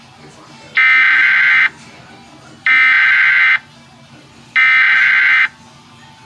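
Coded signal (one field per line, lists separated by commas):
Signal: Emergency Alert System (SAME) tones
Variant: header bursts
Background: speech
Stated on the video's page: Fictional EAS scenario, not a real alert.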